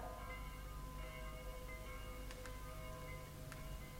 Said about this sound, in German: Heut läuten die Glocken auch für mich.